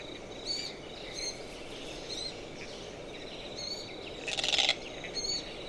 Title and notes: Autumn Afternoon In The Marshy Woodlands By Durras Lake. Underneath the still, coastal She-oaks an adult Glossy Black Cockatoo and her young softly sing and hauntingly creak as the light begins to fade